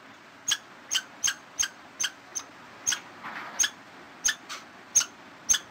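Squirrel chirps, sharp high squeaky notes repeated about every half second, over faint steady background noise.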